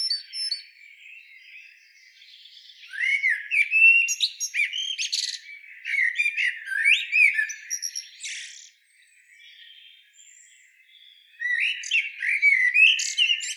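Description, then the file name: Eurasian blackbird song: bursts of warbled, rising phrases ending in thin, high twitters, with a quiet pause near nine seconds before singing resumes. "Turdus merula"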